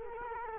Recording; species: mosquito wingbeat signal from an infrared sensor; Culex quinquefasciatus